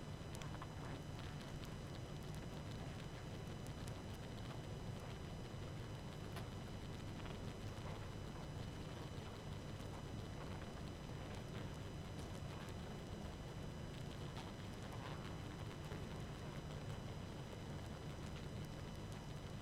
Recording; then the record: honeybee colony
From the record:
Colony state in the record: active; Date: 12 June 2018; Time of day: 18:45